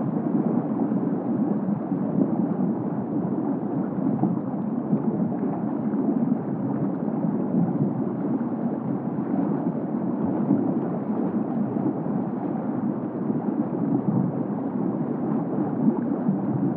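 An underwater recording: a dense, steady churning murmur sits low and muffled, with nothing bright above it. The level stays even for the full seventeen seconds, with a faint gurgling texture and no distinct events standing out.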